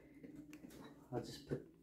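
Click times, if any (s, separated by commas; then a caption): none. A PC cable connector is being pushed into its socket after a weak first click, while someone talks. Only soft, faint handling sounds are heard, and nothing has seated or clicked yet.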